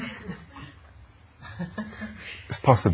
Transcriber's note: laughter